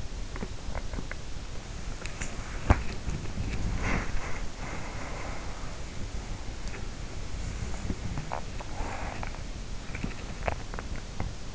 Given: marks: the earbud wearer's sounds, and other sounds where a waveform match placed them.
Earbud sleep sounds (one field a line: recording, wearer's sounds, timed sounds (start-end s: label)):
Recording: sounds in sleep by an in-ear microphone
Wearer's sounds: body movement, breath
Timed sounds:
0.00-11.55 s: body movement
4.44-5.96 s: breath
8.52-9.59 s: breath